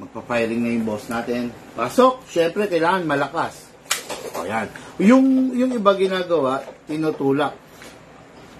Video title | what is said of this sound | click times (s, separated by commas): Let's Unbox This SRC Hi-Capa | Pwedeng hindi kasi mag-lock. Ayan, katulad niyan, ha? | none